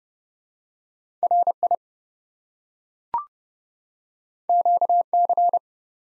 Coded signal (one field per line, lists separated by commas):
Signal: Morse code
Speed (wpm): 30 wpm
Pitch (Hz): 700 Hz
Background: none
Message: RI QC